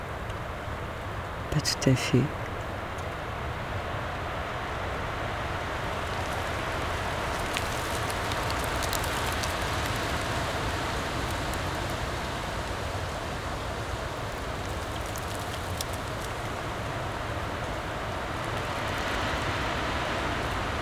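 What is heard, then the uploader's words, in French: Wind blows steadily through fir, spruce, beech and elm branches, a dense, even rush with a slight swell toward the middle. Near the two-second mark a few brief knocks or short voice-like sounds break through, and faint ticking snaps appear now and then. Au creux de la nuit, le vent, lui, a continué à jouer sa partition entre les sapins, épicéas, hêtres et ormes, en soufflant dans les branches et en riant à la barbe des bois comme des micros. Sur un tapis de mousses, entre Malaterre et Bois-Barbu.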